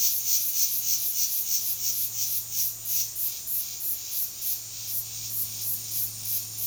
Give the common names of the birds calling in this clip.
none